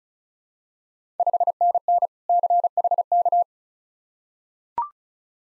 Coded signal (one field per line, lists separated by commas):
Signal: Morse code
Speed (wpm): 36 wpm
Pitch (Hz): 700 Hz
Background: none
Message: 5NN CHK